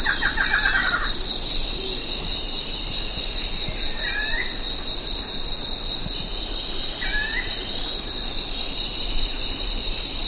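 Bird trill at the start, then two brief rising call notes a few seconds apart, all set against a steady high insect drone.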